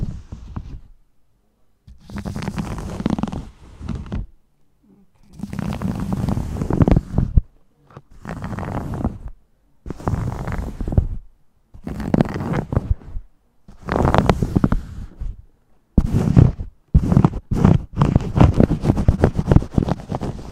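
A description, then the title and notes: Muffled rubbing and soft scratching sounds from a scalp and face massage come in repeated bursts, separated by brief silent pauses. Fall Asleep ASMR Scalp & Face Massage.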